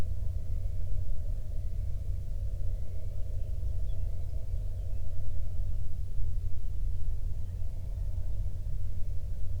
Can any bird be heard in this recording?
yes